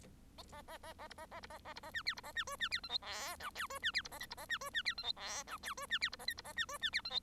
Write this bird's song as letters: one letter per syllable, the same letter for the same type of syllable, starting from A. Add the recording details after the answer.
A A A A B A A B A A B A C D B A C E C D F G H I J E C D B A K B A C E C D F G H I J E C D B A K B A C E C D F G. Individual Bird1